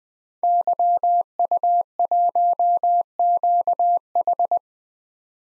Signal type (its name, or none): Morse code